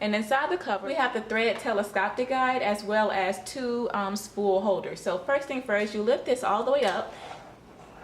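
A woman talks while handling the telescoping thread guide under the cover of a Husqvarna Viking 980Q sewing machine, lifting it all the way up toward its raised position, with faint handling noise beneath her voice. Nothing has seated or clicked yet in this clip.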